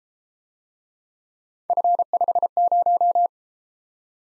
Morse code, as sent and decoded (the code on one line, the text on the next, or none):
..-. ..... -----
F50